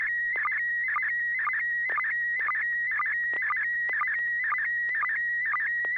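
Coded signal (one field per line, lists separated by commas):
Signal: SSTV (slow-scan television)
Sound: steady high warbling tone with rapid chirps and regular short low blips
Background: low steady hum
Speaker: ai6 DG are you ready to go was there to was there a tone yeah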